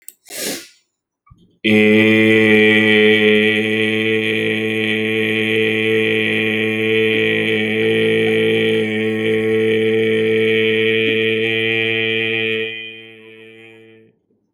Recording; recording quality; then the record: sustained vowel as in made; moderate, slight background noise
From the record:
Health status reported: healthy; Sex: male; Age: 35 years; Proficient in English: yes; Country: India